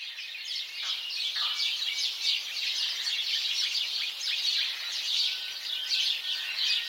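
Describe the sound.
House sparrow chorus, a crowded stream of chirps with a few clearer sharp notes early on, calling continues to the end.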